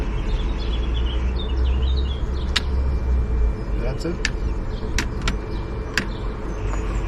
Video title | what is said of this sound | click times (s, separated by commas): Volkswagen Golf (Mk5) cruise control retrofit | the top and bottom Tab and just give it a firm push until you hear it click that's | 2.6 s